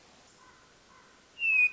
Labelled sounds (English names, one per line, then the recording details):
Hermit Thrush
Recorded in Sonoma County, California